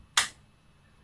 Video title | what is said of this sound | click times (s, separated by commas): INHALER SKILLS REVIEW | so you see that that popped out the button popped out and now it's ready to go | 0.2 s